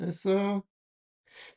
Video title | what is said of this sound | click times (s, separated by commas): MMX MMU: More Assembly [Part 2] | It's like that it it doesn't click in like the nose is not there. | none